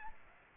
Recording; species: mosquito wingbeat signal from an infrared sensor; Aedes aegypti